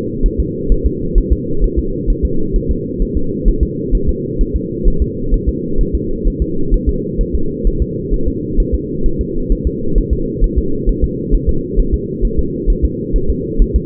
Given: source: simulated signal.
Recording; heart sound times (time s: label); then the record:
fetal heart sounds
0.26 s: S1
0.40 s: S2
0.72 s: S1
0.86 s: S2
1.18 s: S1
1.33 s: S2
1.64 s: S1
1.79 s: S2
2.10 s: S1
2.25 s: S2
2.56 s: S1
2.71 s: S2
3.02 s: S1
3.17 s: S2
3.48 s: S1
3.63 s: S2
3.95 s: S1
4.09 s: S2
4.41 s: S1
4.56 s: S2
4.88 s: S1
5.02 s: S2
5.34 s: S1
5.49 s: S2
5.81 s: S1
5.95 s: S2
6.27 s: S1
6.42 s: S2
6.74 s: S1
6.89 s: S2
7.21 s: S1
7.35 s: S2
7.67 s: S1
7.82 s: S2
8.14 s: S1
8.28 s: S2
8.60 s: S1
8.75 s: S2
9.06 s: S1
9.21 s: S2
9.52 s: S1
9.67 s: S2
9.98 s: S1
10.13 s: S2
10.44 s: S1
10.58 s: S2
10.89 s: S1
11.04 s: S2
11.34 s: S1
11.49 s: S2
11.79 s: S1
11.94 s: S2
12.25 s: S1
12.39 s: S2
12.70 s: S1
12.85 s: S2
13.16 s: S1
13.30 s: S2
13.62 s: S1
13.76 s: S2
From the record:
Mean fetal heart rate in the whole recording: 130 bpm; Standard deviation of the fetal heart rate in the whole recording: 2 bpm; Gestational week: 38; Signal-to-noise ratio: -8.1 dB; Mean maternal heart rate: 72 bpm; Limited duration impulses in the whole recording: absent